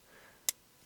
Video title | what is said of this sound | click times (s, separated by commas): More New Knives Of The Week | Very smooth and a nice clicky detent. You can hear it when it clicks in. | 0.5 s